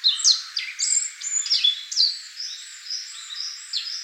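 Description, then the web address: Black-faced bunting song of quick, bright chirped notes and short sliding whistles, loud at first and trailing into softer twitters. Recorded 17 April 2015. "birdenaga aoji S 150417"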